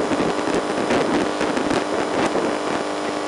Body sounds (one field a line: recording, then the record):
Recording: brain microelectrode recording played as sound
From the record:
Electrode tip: inside the subthalamic nucleus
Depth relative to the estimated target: -3 mm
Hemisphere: left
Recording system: NeuroSet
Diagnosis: Parkinson's disease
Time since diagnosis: 8 years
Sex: male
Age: 58 years